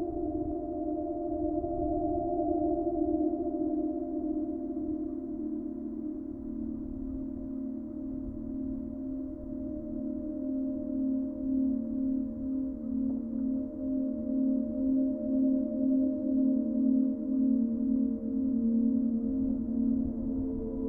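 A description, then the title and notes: An aeolian harp sings in the wind, holding a cluster of steady, humming tones that shimmer and slowly shift in pitch. Beneath them runs a low, rough rumble of wind. The sound stays dense throughout, swelling and pulsing gently in the second half. Harmony Harp Spring Equanox. The aeolian harp gives a particular musical voice to the wind. Recorded on the Spring Equinox, 2016, early afternoon.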